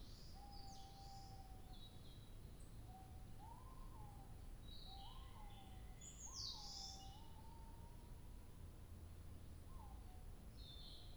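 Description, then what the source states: Bird song: clear whistled phrases, most with a quick upward loop, repeated several times, with fainter high chirps above and a low background hum. 2 July 2023.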